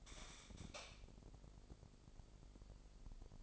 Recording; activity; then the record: daily activity, microphone in the room; light on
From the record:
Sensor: 5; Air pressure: 995.5 hPa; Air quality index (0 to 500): 95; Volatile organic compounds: 5 ppm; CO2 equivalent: 1807 ppm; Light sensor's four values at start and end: 35/81/33/33 and 36/86/35/35